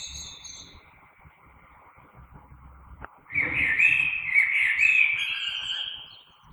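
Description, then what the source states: Common blackbird: a single sharp click, then a long, mellow, fluty warbling song phrase. Recorded 3 March 2020.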